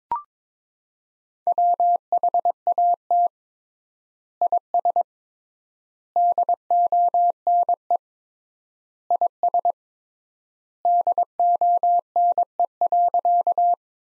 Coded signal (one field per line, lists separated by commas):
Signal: Morse code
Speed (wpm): 21 wpm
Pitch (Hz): 700 Hz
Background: none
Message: WHAT IS DONE IS DONE.